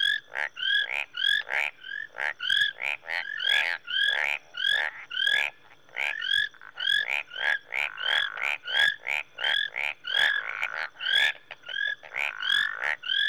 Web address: BBC Sound Effects Library BBC 30-Africa - Natural World 08 Rwanda, Marsh And Tree Frogs